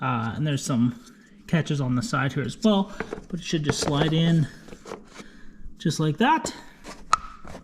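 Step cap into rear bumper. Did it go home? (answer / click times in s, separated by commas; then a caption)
yes / 7.1 s. A plastic rear bumper step cap for a 2021 Ford F-150 is slid into the bumper and pushed until its bottom clip catches while someone talks. A sharp click at 7.1 s marks the clip snapping home, and the step cap is seated in the rear bumper.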